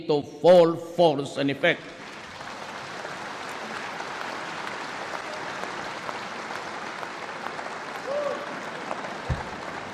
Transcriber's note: applause